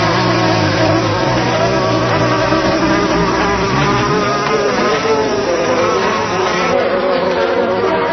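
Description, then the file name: Bees humming in a dense, continuous buzz with a low droning undertone throughout. Recorded 18 July 2004. "18 07 04 bee"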